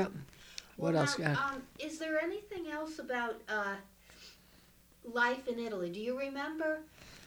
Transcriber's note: none